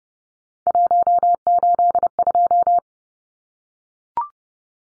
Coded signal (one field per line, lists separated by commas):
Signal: Morse code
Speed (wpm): 30 wpm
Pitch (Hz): 700 Hz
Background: none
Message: 182